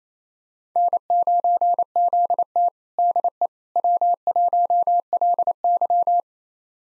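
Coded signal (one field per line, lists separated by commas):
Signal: Morse code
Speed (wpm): 27 wpm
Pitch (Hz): 700 Hz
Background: none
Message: N9ZT DE W1LY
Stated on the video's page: Morse call sign copy drill of 4-character US call sign pairs at 28 wpm, each pair sent, spoken, then sent again.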